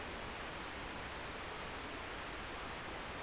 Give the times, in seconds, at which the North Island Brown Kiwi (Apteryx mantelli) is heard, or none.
none